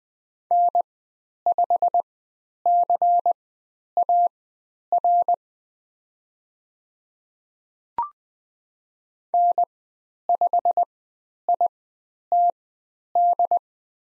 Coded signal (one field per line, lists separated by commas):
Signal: Morse code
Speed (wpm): 20 wpm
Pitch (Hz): 700 Hz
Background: none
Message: N5CAR N5ITD